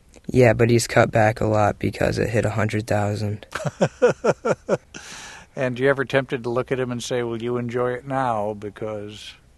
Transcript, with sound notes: Yeah, but he's cut back a lot because it hit a hundred thousand.
(Soundbite of laughter) And are you ever tempted to look at him and say, Well, you enjoy it now because...